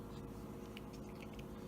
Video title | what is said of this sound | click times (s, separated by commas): Nintendo Switch | You slide them down over the top and they click in place. | 0.8 s